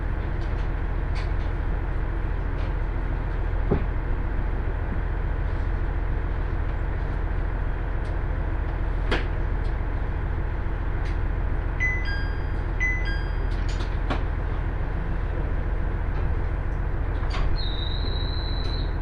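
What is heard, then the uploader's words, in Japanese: A two-car KiHa 110 diesel train runs between Morioka and Obuke, its low, steady rumble unchanging throughout. Sharp clicks and knocks break through now and then, a short run of beeping chime tones plays around 12 to 14 seconds, and a steady high whine starts near 17 seconds. ＩＧＲいわて銀河鉄道＆ＪＲ花輪線 盛岡→大更。列車はキハ110系の2両編成。景色は再び冬に逆戻りして辺り一面白くなっています。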